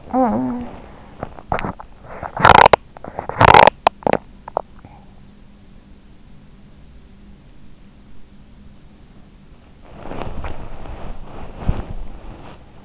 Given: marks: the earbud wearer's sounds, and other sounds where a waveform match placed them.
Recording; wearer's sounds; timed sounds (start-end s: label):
sounds in sleep by an in-ear microphone; talking in sleep, teeth grinding, body movement
0.00-1.08 s: talking in sleep
2.37-4.80 s: teeth grinding
9.99-12.85 s: body movement